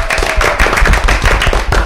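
A burst of steady applause on the radio show Los Desfachatados before a break: many hands clapping at once in a dense, loud, continuous patter with no voices over it.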